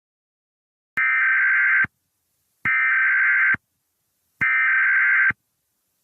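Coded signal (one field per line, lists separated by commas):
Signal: Emergency Alert System (SAME) tones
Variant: header bursts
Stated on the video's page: Faux EAS alert made using TTS software.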